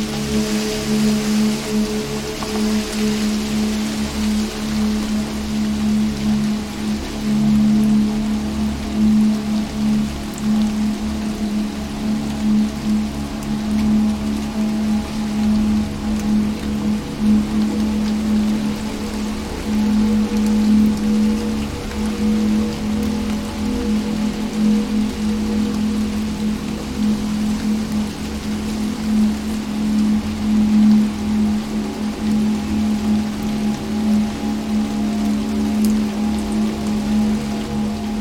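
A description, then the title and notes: Rain falls steadily and evenly for the whole stretch, a dense patter with no pauses or build. A constant low droning hum sits underneath throughout, with faint ringing overtones above it, like a machine running. The Sound Of Rain.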